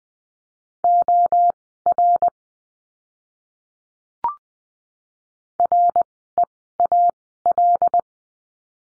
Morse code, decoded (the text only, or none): OR REAL